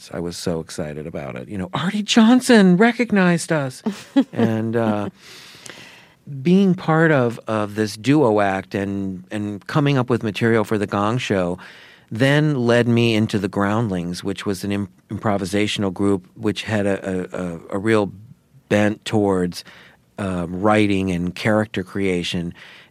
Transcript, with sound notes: I was so excited about it. You know, Arte Johnson recognized us.
(Laughter).
And being part of this duo act and coming up with material for "The Gong Show" then led me into the Groundlings, which was an improvisational group which had a real bent towards writing and character creation.